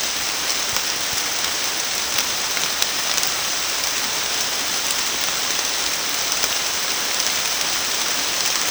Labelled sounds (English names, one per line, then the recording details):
none
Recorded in secondary vegetation near Puerto Asís, Putumayo, Colombia, on 19 June 2025 at 14:30
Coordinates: 0.485, -76.322
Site GP06